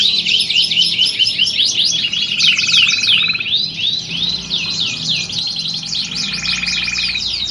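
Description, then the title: Belgian canary song, a dense rapid stream of high sweeping trills and rolling notes, with a lower steady buzzing trill midway, continuous without pauses. Belgian canary song used to warm up birds and build their mental readiness for singing contest training. "Canto Para Esquentar Canário Belga. Simulasi Lomba Kenari. Suara Kenari Lomba. Melatih Mental Kenari Juara"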